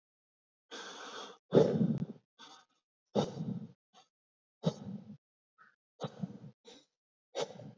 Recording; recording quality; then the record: deep breathing; excellent, no background noise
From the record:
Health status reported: exposed to COVID-19, no respiratory illness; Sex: male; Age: 27 years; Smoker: yes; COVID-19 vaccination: both doses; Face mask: not worn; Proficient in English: yes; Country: India